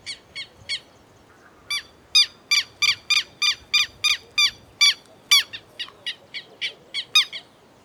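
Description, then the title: Black-crested warbler song: a few opening chips, then a long series of sharp high notes that softens toward the end. "Myiothlypis Nigrocristata"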